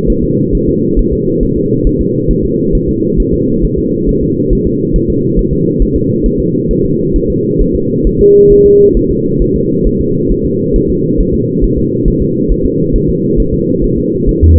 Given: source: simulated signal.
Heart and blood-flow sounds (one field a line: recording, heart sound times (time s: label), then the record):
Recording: fetal heart sounds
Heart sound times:
0.10 s: S1
0.24 s: S2
0.55 s: S1
0.69 s: S2
0.99 s: S1
1.13 s: S2
1.43 s: S1
1.57 s: S2
1.87 s: S1
2.01 s: S2
2.31 s: S1
2.45 s: S2
2.75 s: S1
2.89 s: S2
3.20 s: S1
3.34 s: S2
3.65 s: S1
3.78 s: S2
4.09 s: S1
4.23 s: S2
4.53 s: S1
4.67 s: S2
4.96 s: S1
5.10 s: S2
5.39 s: S1
5.53 s: S2
5.82 s: S1
5.96 s: S2
6.26 s: S1
6.40 s: S2
6.71 s: S1
6.85 s: S2
7.16 s: S1
7.30 s: S2
7.61 s: S1
7.75 s: S2
8.07 s: S1
8.21 s: S2
8.52 s: S1
8.66 s: S2
8.97 s: S1
9.11 s: S2
9.42 s: S1
9.56 s: S2
9.87 s: S1
10.01 s: S2
10.31 s: S1
10.45 s: S2
10.76 s: S1
10.90 s: S2
11.20 s: S1
11.34 s: S2
11.64 s: S1
11.78 s: S2
12.08 s: S1
12.22 s: S2
12.52 s: S1
12.65 s: S2
12.95 s: S1
13.09 s: S2
13.40 s: S1
13.54 s: S2
13.84 s: S1
13.98 s: S2
14.29 s: S1
14.43 s: S2
From the record:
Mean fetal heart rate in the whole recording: 135 bpm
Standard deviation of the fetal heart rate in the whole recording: 3 bpm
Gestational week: 36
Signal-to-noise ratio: -11.2 dB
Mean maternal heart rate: 72 bpm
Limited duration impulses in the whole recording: present